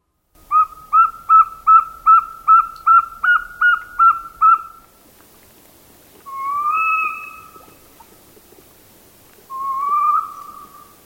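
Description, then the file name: Northern Saw-whet Owl giving a steady, rapid series of about eleven whistled toots, followed by two longer, drawn-out whining notes with a slight rise. Dated 17 October 2000. "2000-10-17 Saw-whet Owl"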